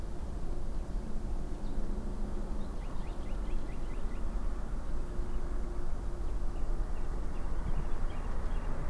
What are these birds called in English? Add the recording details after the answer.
Cetti's Warbler, Common Nightingale. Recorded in France